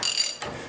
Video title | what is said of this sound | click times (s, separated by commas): How To Replace Worn Ball Joints Ford F250 Truck | you heard that snap I came out quite a bit easier than the other one did | 0.0 s